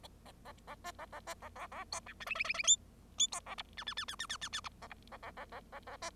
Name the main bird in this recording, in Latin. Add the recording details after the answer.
Lonchura striata domestica. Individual Bird0